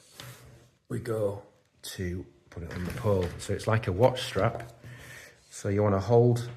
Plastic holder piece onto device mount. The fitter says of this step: you push them over like that. the lock into place.